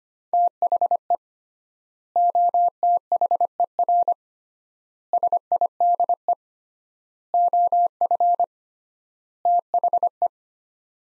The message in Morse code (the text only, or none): THE OTHER SIDE OF THE